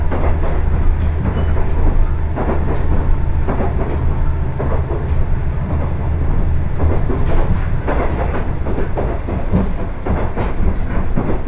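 A two-car KiHa 110 diesel train runs along steadily, its deep engine drone constant beneath frequent, irregular rattles and clacks of the wheels.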